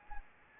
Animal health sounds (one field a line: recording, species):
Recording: mosquito wingbeat signal from an infrared sensor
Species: Anopheles arabiensis